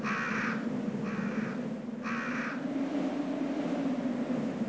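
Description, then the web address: Crow cawing three times, harsh hoarse calls about a second apart, over a constant low rumbling background noise. "hallow cuervos"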